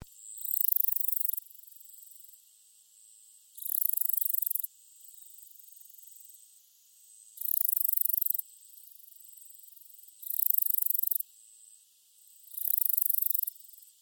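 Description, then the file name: Cicadas calling, loud high buzzing bursts about a second long recurring every few seconds, with a quieter continuous drone between them. Cicadas recorded in Sannohe in summer. "INSECT CICADAS SANNOHE SUMMER"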